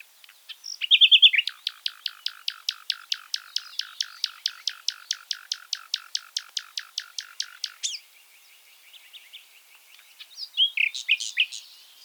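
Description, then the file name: Common nightingale song: a brief phrase, then a long, steady series of rapidly repeated chipping notes, ending in scattered phrases. "Luscinia megarhynchos"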